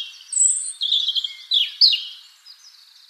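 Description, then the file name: European robin song: a brief, dense run of high, thin whistled notes with quick downward and upward sweeps, fading into faint twitters. "Erithacus rubecula"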